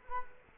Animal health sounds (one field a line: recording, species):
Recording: mosquito wingbeat signal from an infrared sensor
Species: Culex quinquefasciatus